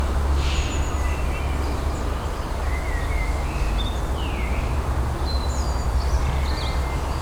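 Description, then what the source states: Birds chirping, with thin whistled notes and quick slurred chirps scattered through, above a heavy steady low hum of traffic. City garden.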